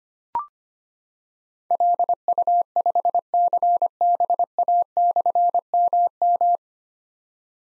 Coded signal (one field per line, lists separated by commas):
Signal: Morse code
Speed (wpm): 25 wpm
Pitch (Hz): 700 Hz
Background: none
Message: LU5CBA/MM